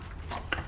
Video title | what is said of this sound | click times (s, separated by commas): How To Change Dyson V6 Head Unit Brush Roller And Soft Plush Strips Under $35 | and you'll hear it click when it goes back in and what we have is we have a new roller installed | 0.5 s